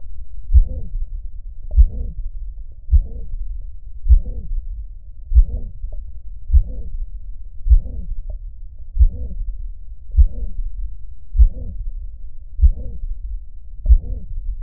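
Heart sounds of an adult heard by stethoscope at the cardiac apex.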